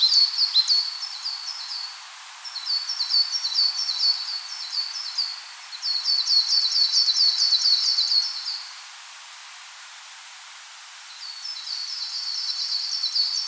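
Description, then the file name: Coal tit song: high, thin two-note phrases repeated rapidly in several bursts of a few seconds, with pauses between bursts and a steady soft hiss behind. "Parus ater"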